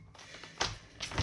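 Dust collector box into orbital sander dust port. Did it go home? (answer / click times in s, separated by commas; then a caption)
yes / 0.6 s. The plastic dust collection box is pushed onto the dust outlet of a Dewalt DWE6423 280-watt orbital sander and clicks into place at 0.6 s, followed by two softer knocks around 1.0 s and 1.2 s. The box is seated and is checked to confirm it cannot come off.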